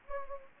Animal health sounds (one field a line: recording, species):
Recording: mosquito wingbeat signal from an infrared sensor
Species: Anopheles gambiae